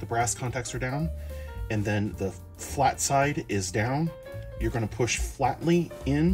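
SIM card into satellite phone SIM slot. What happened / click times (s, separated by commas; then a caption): The card is being handled but has not yet clicked into its slot / none. A plastic SIM card is handled with its brass contacts down and its flat side down, ready to be pushed flatly into the SIM slot of an Iridium satellite phone. Someone talks over background music throughout. Nothing has seated or clicked yet.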